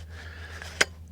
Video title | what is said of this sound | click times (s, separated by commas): How to Set Up the White Duck Prota Cabin Tent (2026 VERSION) - Full Step-by-Step Setup Guide | support sleeve back over on top of that connection until it clicks in. | 0.8 s